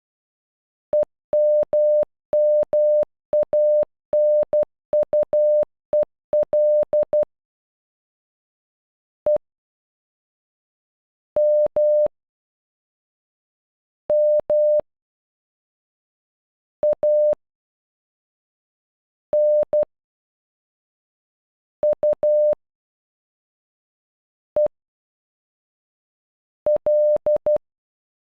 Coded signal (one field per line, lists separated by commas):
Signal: Morse code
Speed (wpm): 12 wpm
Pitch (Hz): 600 Hz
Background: none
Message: EMMANUEL E M M A N U E L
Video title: Emmanuel in Morse code